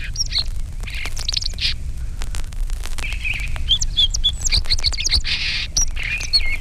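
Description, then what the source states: Song Sparrow song: varied chips and buzzy bursts mixed with quick whistled notes of changing pitch, steady clicking crackle and low rumble behind. Four song sparrows; varied songs often begin with two or three similar notes or phrases, followed by rapid notes of different pitches and qualities.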